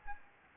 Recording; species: mosquito wingbeat signal from an infrared sensor; Anopheles gambiae